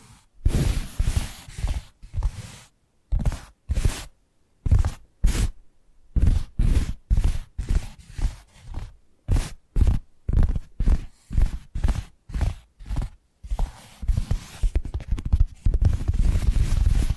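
Tapping sounds come in quick, separate bursts, roughly two or three per second, with short silences between them. Each tap has a heavy low thump and a crisp top. Near the end the taps run together into a denser, continuous rustling patter.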